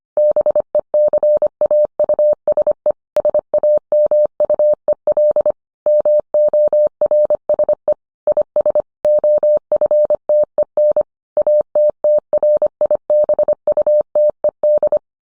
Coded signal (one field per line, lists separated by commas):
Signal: Morse code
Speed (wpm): 25 wpm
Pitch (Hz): 600 Hz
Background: none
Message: BECAUSE SAMUEL MORSE IS OFTEN ATTRIBUTED